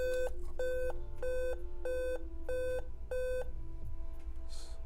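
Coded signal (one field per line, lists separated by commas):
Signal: beep code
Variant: Dell/Alienware laptop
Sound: series of identical short buzzy beeps, about six heard, evenly spaced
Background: low hum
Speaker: Seven. So, if you look up Alienware 17R3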